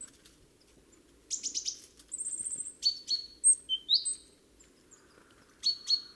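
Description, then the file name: Great tit calls: a harsh buzzy rattle, a thin high buzzing note, then several sharp chirps, followed by a short pause and two more chirps. "Parus major"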